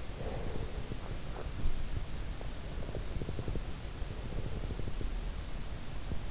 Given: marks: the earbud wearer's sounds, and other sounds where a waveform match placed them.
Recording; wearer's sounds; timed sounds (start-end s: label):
sounds in sleep by an in-ear microphone; breath
0.14-0.90 s: breath
2.64-5.06 s: breath